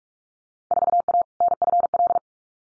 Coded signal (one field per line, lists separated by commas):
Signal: Morse code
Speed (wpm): 46 wpm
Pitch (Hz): 700 Hz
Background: none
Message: 4A NFL